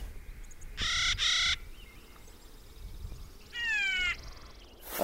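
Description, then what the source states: Clark's nutcracker calls, two harsh, grating rasps near one second and another drawn-out grating call later, over low background rumble and a final sharp noise. A pair at Myers Gulch, Walker Ranch, in November, storing and swallowing seeds.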